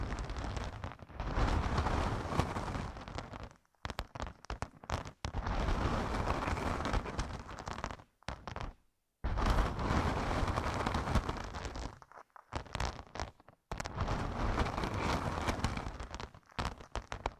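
Rubbing and scratching against a headphone used as a microphone, making loud, dense crackling bursts that cover low rumble through bright hiss. The bursts last one to three seconds, broken by short silent gaps, the longest near 3.5, 8.5 and 13 seconds.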